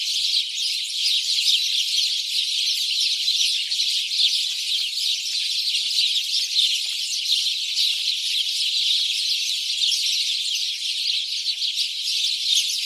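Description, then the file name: House sparrow flock giving a constant busy chatter of bright overlapping chirps, steady in loudness from start to finish. "Passer domesticus"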